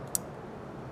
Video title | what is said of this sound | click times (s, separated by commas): Where Are We At With Covid In Trucking Industry? | like so you're going to hear a click noise | 0.1 s